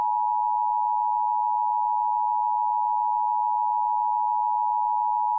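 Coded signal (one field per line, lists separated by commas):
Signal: Emergency Alert System (SAME) tones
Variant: 853 and 960 Hz attention tone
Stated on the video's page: Real EAS required monthly tests recorded off air from TV stations, some sent with a Sage Digital ENDEC encoder.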